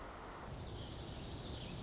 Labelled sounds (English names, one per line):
Dark-eyed Junco